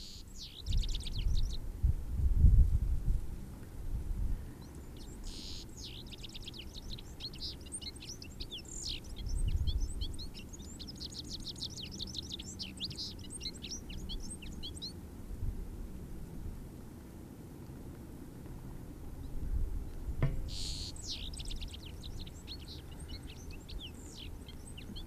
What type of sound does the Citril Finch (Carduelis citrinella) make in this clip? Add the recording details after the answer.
song. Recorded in the wild. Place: Garmisch-Partenkirchen, Bayern, DE. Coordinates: 47.5072, 11.1436. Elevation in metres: 1729. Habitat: mountains. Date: 1967-03-26. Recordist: Tretzel, Erwin. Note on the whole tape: Wank: Gesang. Als Zitronenfink beschrieben